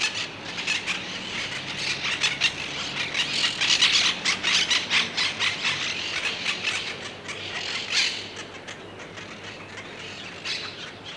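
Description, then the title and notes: Monk parakeet squawks, harsh grating screeches repeated rapidly in irregular bursts, swelling in the middle and fading toward the end. Heard from a balcony, where they are seen playing, eating and working; said to scream a lot; here in the foreground. "Cotorra De Pit Gris. Es la cotorra monje"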